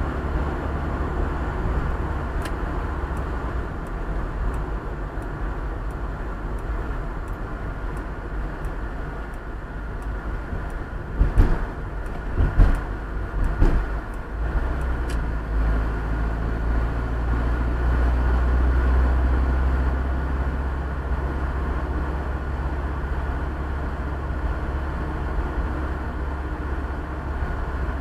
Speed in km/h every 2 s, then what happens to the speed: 67, 67, 64, 59, 53, 48, 42, 41, 43, 47, 52, 53, 54, 55.
3-13 slows to 41. 13-21 speeds up to 53. 21-28 steady at about 54.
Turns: none.